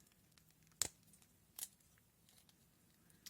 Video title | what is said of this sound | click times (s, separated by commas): Doublecross [ Takara Legends LG-51 Titans Return ] | just snaps in place on top here | 0.8 s